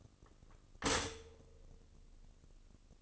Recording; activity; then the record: daily activity, microphone in the room; stop toaster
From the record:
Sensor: 4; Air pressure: 1007.8 hPa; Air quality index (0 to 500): 103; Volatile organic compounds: 1 ppm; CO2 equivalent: 761 ppm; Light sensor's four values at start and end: 9/20/8/8 and 9/20/8/8